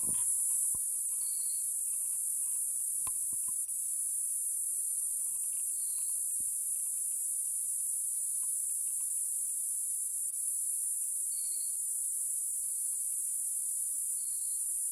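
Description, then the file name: Cicada song: continuous piercing high-pitched whine without pause, overlaid by faint periodic buzzy pulses and a few soft clicks and knocks. Recorded in Nyika National Park. "Platypleura sp Nyika NP"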